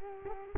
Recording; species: mosquito wingbeat signal from an infrared sensor; Culex quinquefasciatus